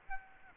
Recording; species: mosquito wingbeat signal from an infrared sensor; Aedes aegypti